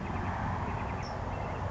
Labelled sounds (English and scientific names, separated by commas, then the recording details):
California Towhee (Melozone crissalis)
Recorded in Sonoma County, California